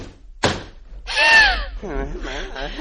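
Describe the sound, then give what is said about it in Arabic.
A door opens: a sharp latch thunk, then a brief high, squealing creak as it swings, followed by murmuring voices. “وبعد افتح. ولماذا أنا؟ أنا لست اجتماعيا وحافي القدمين وأنت أقرب إلى الباب.”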